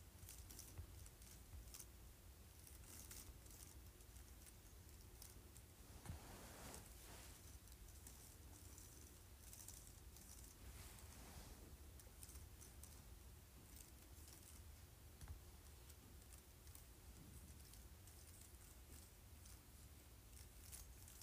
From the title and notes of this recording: ASMR Running Fingers Across Keyboard Lightly.